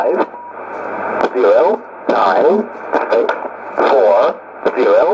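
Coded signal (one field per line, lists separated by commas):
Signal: numbers station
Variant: E07a, English male voice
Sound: male voice reading about four separate digits, evenly spaced, over shortwave hiss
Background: radio static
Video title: 09 02 2019 E07a English Man Numbers station in English to Eu 0925 on 12153 unknown tx site USB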